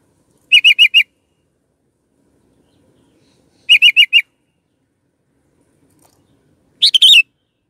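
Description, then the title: Sooty-headed bulbul with two phrases of four quick, even, whistled notes, about three seconds apart, then one busier warbling phrase. "Kutilang"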